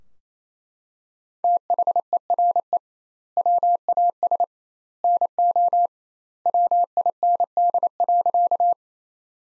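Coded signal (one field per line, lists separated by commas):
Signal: Morse code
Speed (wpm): 28 wpm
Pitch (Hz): 700 Hz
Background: none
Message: THERE WAS NO WIND.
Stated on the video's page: Morse practice sentences built from the top 400 words, sent at 28 wpm with twice the standard word spacing, a word-level Farnsworth-style approach.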